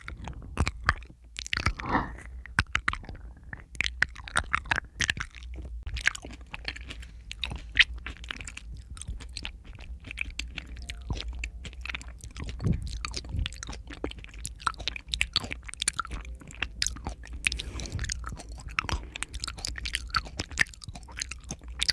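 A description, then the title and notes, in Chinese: Wet mouth sounds mixed with sticky aloe gel: a dense, uneven stream of sharp clicks, smacks and squelches that never pauses for long. Louder crackling bursts come around 2, 12 and 18 seconds, over a faint low hum. 口腔+芦荟胶 助眠asmr。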